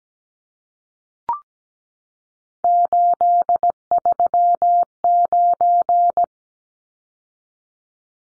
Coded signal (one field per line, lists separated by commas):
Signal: Morse code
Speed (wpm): 17 wpm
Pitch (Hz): 700 Hz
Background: none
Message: 839